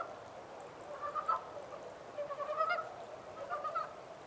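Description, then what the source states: Montane brown frog giving low pulsed croaking notes in short rattling bursts around one, two-and-a-half and three-and-a-half seconds, with steady background hiss. 14 April 2010.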